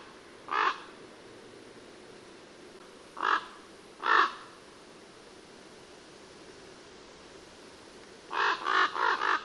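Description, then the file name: Common raven uttering rough croaking caws, three separate notes followed by a rapid run of four at the end, with steady background hiss. "Corvo Imperiale"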